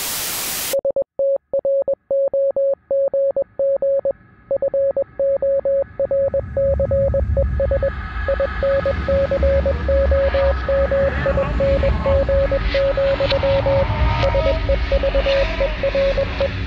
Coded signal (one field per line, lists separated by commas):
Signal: Morse code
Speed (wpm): 21 wpm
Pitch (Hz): 560 Hz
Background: none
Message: STROGG FORCES INCOMING, SEVERE